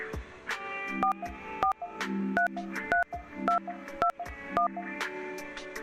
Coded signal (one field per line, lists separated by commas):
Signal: DTMF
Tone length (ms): 120 ms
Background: music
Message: 4433221